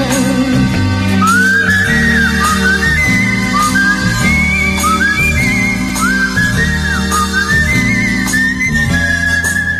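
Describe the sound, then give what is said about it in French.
A person whistles a bright, wavering tune in short sliding phrases, carried over steady backing music with a pulsing bass and sustained chords throughout. “Siffle cet air-là.”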